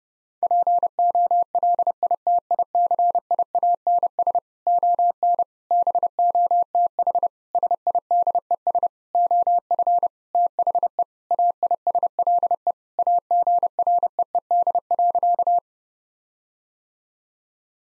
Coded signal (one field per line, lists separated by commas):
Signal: Morse code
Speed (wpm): 32 wpm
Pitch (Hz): 700 Hz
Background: none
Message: POLITICIANS ON BOTH SIDES OF THE AISLE AGREED.